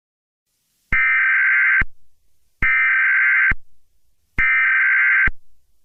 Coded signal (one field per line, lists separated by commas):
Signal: Emergency Alert System (SAME) tones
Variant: header bursts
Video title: EAS Scenario: Transfur Infection (Based on Changed) (PART 1)